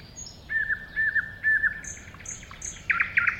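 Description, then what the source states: Thrush nightingale song: drawn-out low whistles repeated three times, high piping notes, then loud rich chock notes. Recorded at a woodland edge next to a lake, 2001.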